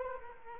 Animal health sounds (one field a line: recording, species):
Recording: mosquito wingbeat signal from an infrared sensor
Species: Culex quinquefasciatus